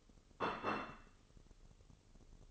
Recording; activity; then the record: daily activity, microphone in the room; place plate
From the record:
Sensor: 4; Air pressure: 996.0 hPa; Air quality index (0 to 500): 61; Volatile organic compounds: 2 ppm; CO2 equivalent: 1075 ppm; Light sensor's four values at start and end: 13/37/13/14 and 13/37/13/13